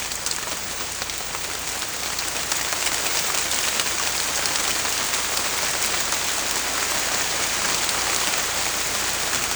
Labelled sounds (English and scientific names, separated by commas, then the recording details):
none
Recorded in pastures near Puerto Asís, Putumayo, Colombia, on 18 December 2024 at 23:00
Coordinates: 0.472, -76.331
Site GP02